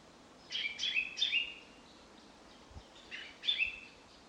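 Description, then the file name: Common chaffinch calling, two brief bursts of sharp, high, clipped notes about two and a half seconds apart against quiet background hiss. "Fringilla coelebs"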